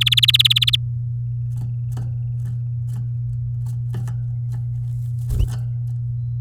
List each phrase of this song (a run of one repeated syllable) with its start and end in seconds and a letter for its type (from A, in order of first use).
0.01-0.76 A